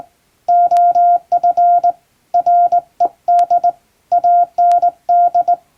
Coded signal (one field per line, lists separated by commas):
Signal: Morse code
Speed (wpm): 21 wpm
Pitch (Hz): 700 Hz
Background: none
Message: OF RED AND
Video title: 【morse practice】thisi is straight key's Morse code practice video. There is a morse exam in japan.